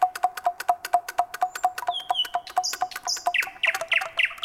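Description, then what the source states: Common nightingale song: a quick run of dry, clicking notes repeated evenly, soft whistles, then high buzzy notes and loud, sharp repeated calls. Heard in cities.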